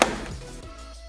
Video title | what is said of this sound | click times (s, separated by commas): Leise & stark! 🔥 Roborock S8 Pro Ultra Staubsauger-Roboter Test | In die Halterung stecken, nach unten drücken, bis es klickt. | 0.0 s